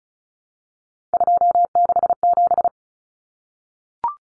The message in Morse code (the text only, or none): 267